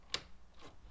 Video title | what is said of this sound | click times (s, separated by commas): Full LED Upgrade - How to Replace FJ Cruiser Rear Brake, Blinker, Reverse and License Plate Lights | next we'll reconnect our electrical connection just push in until you hear a click and | 0.1 s